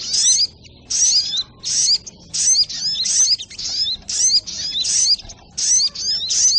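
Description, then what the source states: Little spiderhunter song with bright, piercing bursts of fast sliding chirps, repeated with short gaps between. Masteran training recording, labelled Labaik.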